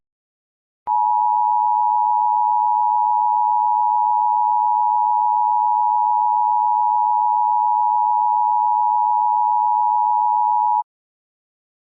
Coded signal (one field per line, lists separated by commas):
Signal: Emergency Alert System (SAME) tones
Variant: 853 and 960 Hz attention tone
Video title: EAS Scenario: Tornado Alley Death Trap 2